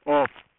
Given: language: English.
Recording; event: throat vibration sensor signal played as sound; speech